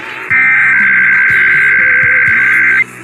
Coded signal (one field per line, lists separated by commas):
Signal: Emergency Alert System (SAME) tones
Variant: header bursts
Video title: IPAWS Weekly Tests (EAS #294-301) 4/8/24